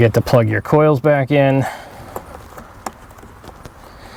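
Plastic electrical connectors are being handled back onto the ignition coils of a Chrysler 200 3.6L V6 after its rear spark plugs have been changed. Someone talks for the first 1.7 seconds, then short, faint handling ticks come at about 2.2, 2.6, 2.9 and 3.7 seconds against quiet background noise. Nothing has seated or clicked into place yet.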